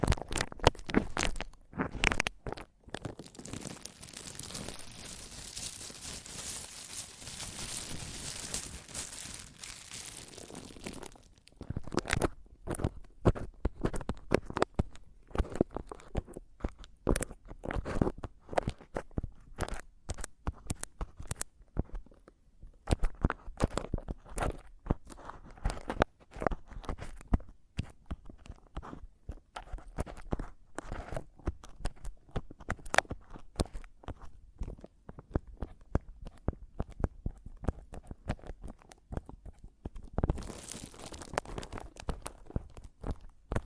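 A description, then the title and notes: Mic tapping and scratching fill the recording. For the first eleven seconds there is a dense, steady scratching rush, then it breaks into rapid, irregular taps and clicks that continue to the end. A short burst of scratching returns around forty seconds. ASMR Mic Tapping and Scratching (No Talking).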